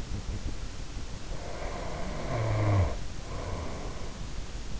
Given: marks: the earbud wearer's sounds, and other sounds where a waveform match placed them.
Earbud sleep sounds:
sounds in sleep by an in-ear microphone; snoring breath
1.14-4.26 s: snoring breath

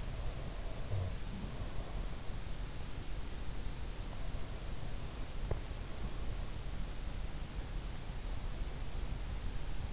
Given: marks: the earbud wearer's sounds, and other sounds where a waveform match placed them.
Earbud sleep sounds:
sounds in sleep by an in-ear microphone; breath
0.00-2.26 s: breath

